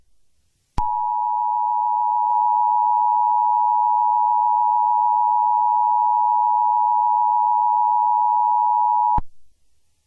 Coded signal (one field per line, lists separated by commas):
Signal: Emergency Alert System (SAME) tones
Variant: 853 and 960 Hz attention tone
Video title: EAS Scenario #14: Zombie Spinosaurus (Very Late Halloween Special)